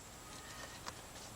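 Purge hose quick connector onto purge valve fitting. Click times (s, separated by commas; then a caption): 0.9 s. An EVAP purge hose quick connector is pushed onto the purge valve fitting during timing chain replacement work on a Traverse, Enclave, CTS, CT4, LaCrosse, SRX, Equinox, Acadia or Impala engine. Over a steady background hiss, a short sharp click sounds at 0.9 s. The connector seats and is confirmed connected.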